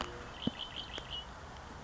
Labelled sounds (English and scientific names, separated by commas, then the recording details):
Red-winged Blackbird (Agelaius phoeniceus)
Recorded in Sonoma County, California